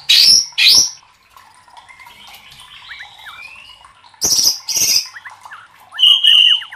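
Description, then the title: White-rumped shama song: paired loud harsh notes, a long soft interlude of thin whistles and twitters, then more harsh notes and a pure whistled tone. Masteran training recording for cage birds; murai batu labaik. "MASTERAN MURAI BATU LABAIK"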